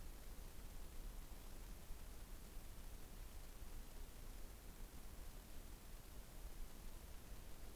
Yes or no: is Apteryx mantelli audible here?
no